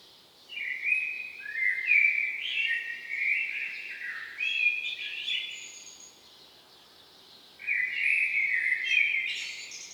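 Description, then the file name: Common blackbird with a long, mellow warbled phrase ending in high twitters, a pause, then another fluty phrase, over steady background hiss. "Turdus merula"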